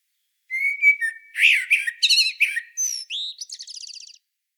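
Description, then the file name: Common blackbird song: smooth whistled notes and a rich warble, finishing with a quick run of high, thin twittering notes. "Turdus merula"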